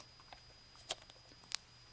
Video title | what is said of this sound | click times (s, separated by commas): DJI Osmo Action - 4K Action Cam 12MP Digital Camera with 2 Displays | the battery goes in here on the bottom snaps | 1.6 s